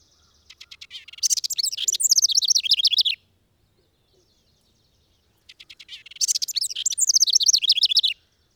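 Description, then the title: Bird song in two bursts, each opening with a fast high trill and running into quick bright chirps that slide downward, with a pause of about two seconds between bursts. Described as a bird from abroad. "BIrd Luar Ngri"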